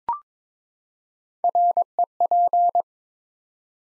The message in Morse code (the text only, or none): REP